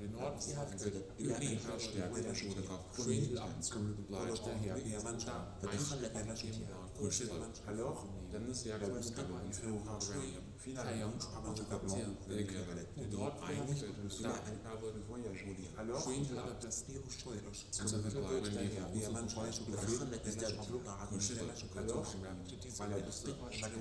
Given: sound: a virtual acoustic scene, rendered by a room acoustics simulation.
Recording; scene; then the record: noise of the scene; underground station, no trains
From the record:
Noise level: 70 dB SPL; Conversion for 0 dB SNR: 0.7 dB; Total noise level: 70.7 dB SPL